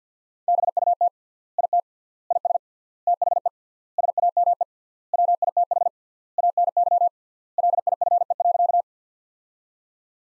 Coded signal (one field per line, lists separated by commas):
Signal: Morse code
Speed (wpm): 50 wpm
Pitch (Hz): 700 Hz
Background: none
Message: BUT IT IS THE SAME WITH ANY LIFE.